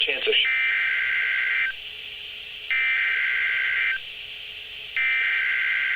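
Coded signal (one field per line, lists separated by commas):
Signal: Emergency Alert System (SAME) tones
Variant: header bursts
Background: speech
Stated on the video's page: Severe thunderstorm watch received on NOAA Weather Radio.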